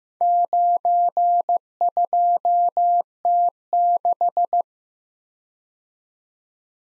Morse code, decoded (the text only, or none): 92T6